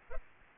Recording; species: mosquito wingbeat signal from an infrared sensor; Aedes albopictus